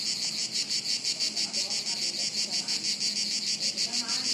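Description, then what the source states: Cicada chorus with a harsh high buzz pulsing rapidly and evenly, about three beats each second. Chorus of cicadas high in trees overhead, woods near Sirolo, Italy, hot afternoon, August 23.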